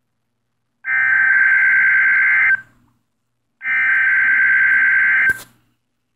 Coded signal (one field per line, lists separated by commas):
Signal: Emergency Alert System (SAME) tones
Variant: header bursts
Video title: Required Weekly Test (EAS #23)